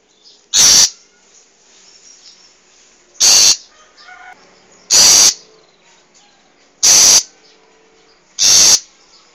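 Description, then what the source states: Long-tailed shrike uttering five harsh, scratchy notes roughly every two seconds. Wild long-tailed shrike; recording used as a master recording for training cage birds.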